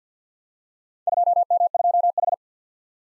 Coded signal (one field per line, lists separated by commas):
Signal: Morse code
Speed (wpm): 47 wpm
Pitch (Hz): 700 Hz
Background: none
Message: 2M2H